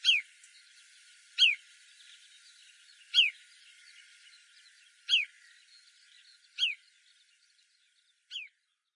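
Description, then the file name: Marsh sandpiper calls, sharp high notes dropping quickly in pitch, repeated singly about every one and a half to two seconds, over a faint hiss. Recorded in Saga on 28 April 2013. "koaoashi 130428 saga moriya"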